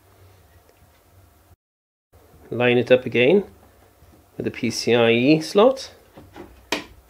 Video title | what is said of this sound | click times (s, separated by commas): Threadripper build VLOG part 5: MSI X399 SLI Plus, Gigabyte GTX1080 and Ryzen 1920X | it down and you hear the click there. That was the little holder clamp at the | 6.7 s